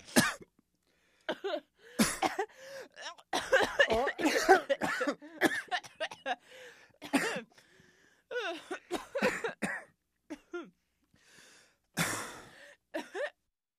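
An adult coughing repeatedly in a series of separate cough bursts.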